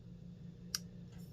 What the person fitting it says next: nice clicky detent and we are centered